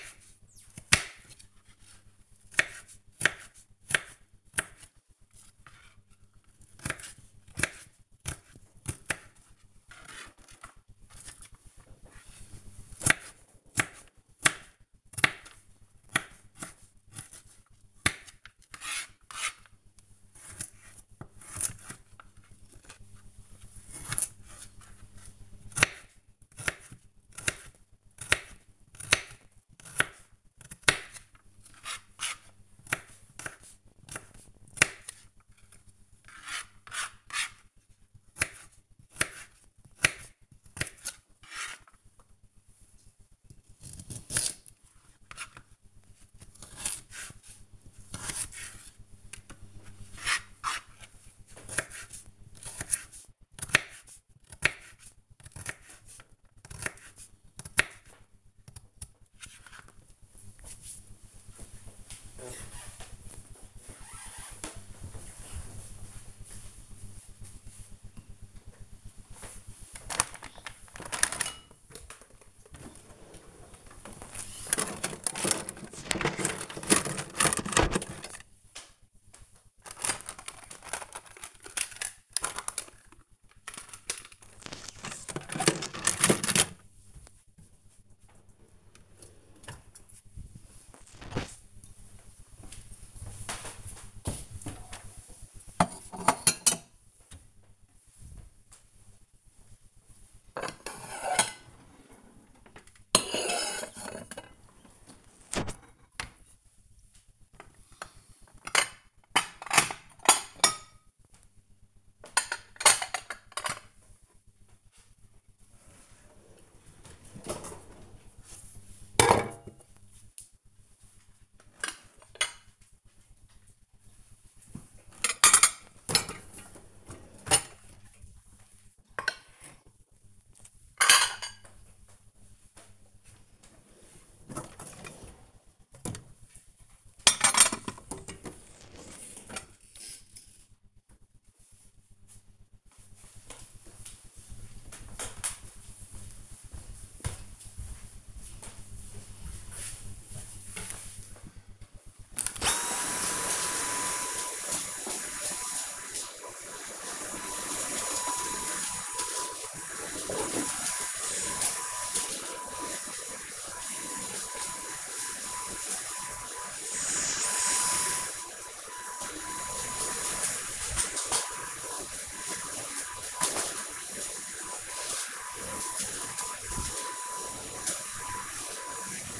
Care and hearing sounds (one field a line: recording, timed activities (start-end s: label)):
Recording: household activities, microphone on the right wrist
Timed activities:
0.00-59.13 s: cutting vegetables
68.17-139.64 s: putting away the dishes
151.71-179.39 s: vacuum cleaning